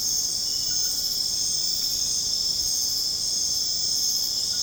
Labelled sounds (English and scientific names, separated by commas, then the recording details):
none
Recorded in dense forest near Puerto Asís, Putumayo, Colombia, on 23 June 2025 at 21:30
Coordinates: 0.486, -76.317
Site G065